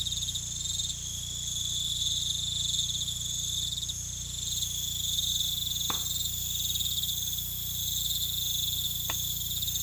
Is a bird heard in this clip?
no